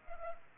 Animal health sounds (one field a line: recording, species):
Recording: mosquito wingbeat signal from an infrared sensor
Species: Culex pipiens